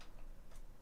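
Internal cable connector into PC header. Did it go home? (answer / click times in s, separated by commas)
no / none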